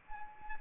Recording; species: mosquito wingbeat signal from an infrared sensor; Anopheles arabiensis